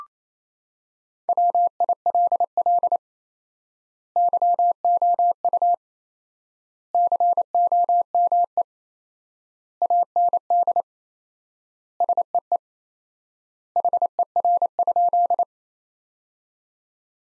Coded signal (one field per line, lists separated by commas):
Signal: Morse code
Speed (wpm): 27 wpm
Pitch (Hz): 700 Hz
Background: none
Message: WILL YOU COME AND SEE HER?